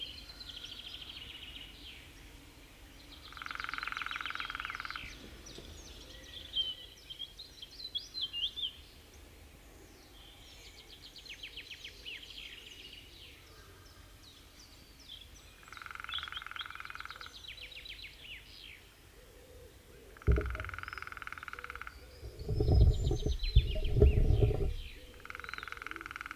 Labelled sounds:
Lesser Spotted Woodpecker drumming

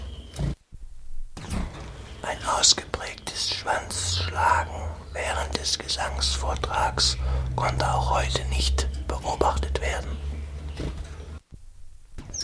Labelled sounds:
Common Chiffchaff

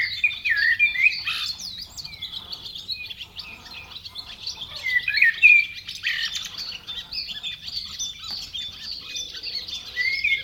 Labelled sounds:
Common Blackbird song

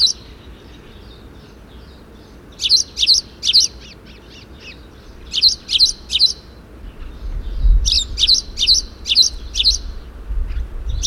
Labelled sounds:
Spanish Sparrow call

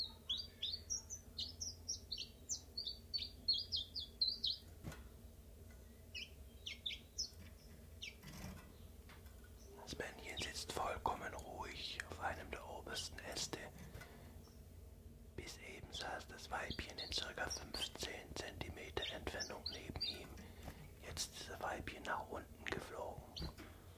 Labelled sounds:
Common Chiffchaff

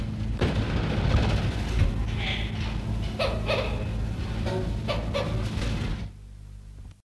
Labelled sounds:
Indian Grey Hornbill call

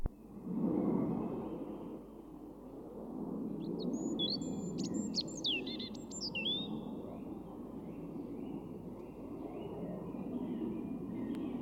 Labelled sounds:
European Robin song

